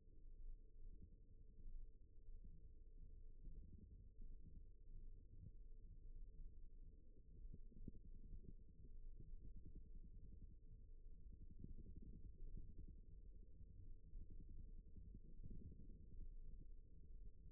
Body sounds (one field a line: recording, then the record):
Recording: forearm muscle sounds (acoustic myography)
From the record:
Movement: rest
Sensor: system 1, eight BSWA MPA416 microphones around the upper forearm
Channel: 7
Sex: male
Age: 54 years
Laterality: right